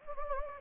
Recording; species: mosquito wingbeat signal from an infrared sensor; Anopheles gambiae